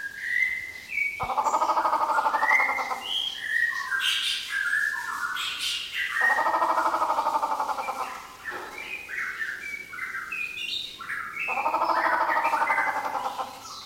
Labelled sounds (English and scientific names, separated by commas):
Grey Peacock-Pheasant (Polyplectron bicalcaratum)